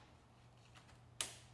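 A motorized floor head for a Miele Duoflex HX1 Total Care cordless vacuum is pushed onto the end of its plastic wand, with a steady low hum and a few faint soft rustles beforehand. At 1.2 s a single sharp, bright click rings out and decays quickly as the head seats into place on the wand.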